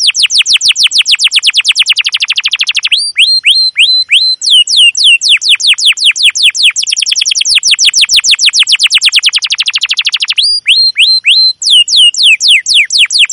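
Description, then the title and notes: Domestic canary song: long bursts of very fast repeated chirps alternate with slower curved whistled notes, continuous throughout. Domestic canary with long, continuous chirping song used as a lure and master song for teaching young canaries to sing. "CUIT CUIT NGEROL LANGSUNG GACOR PANJANG Kenari Ini AMPUH Utk Pancingan KENAR ( 2). PANCINGAN Kenari GACOR PANJANG Cuit CUIT EMOSI ini AMPUH utk MASTERAN Kenari PAUD belajar BUNYI. burung kenari"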